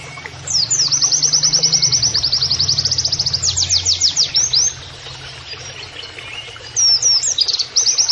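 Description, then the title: White-eye delivering a long, rapid, high-pitched trill that speeds into swept notes, then pauses before quick chirps resume. Masteran training audio of a white-eye (pleci) singing canary-like phrases, a style called nembak kenarian. "Pleci Gacor. MASTERAN PLECI NEMBAK KENARIAN"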